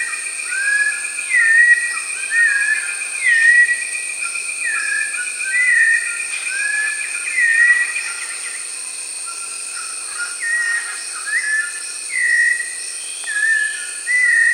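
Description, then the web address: White-necked thrush singing short clear whistled phrases, repeated every couple of seconds over a steady high background drone. South America. "S America White-necked Thrush (Turdus albicoll"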